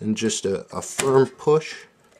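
An expansion card is handled and pressed with a firm push toward the motherboard slot while someone talks over it. Nothing has seated or clicked yet.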